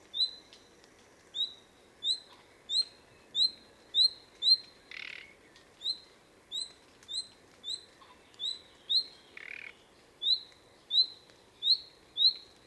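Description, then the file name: Common nightingale calling with a long series of short rising whistles, broken twice by brief rasping bursts. "Luscinia megarhynchos"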